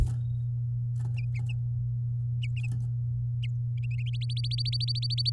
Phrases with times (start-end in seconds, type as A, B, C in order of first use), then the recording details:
4.13-5.30 A. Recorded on 9 May 2018 at 09:24. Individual llb16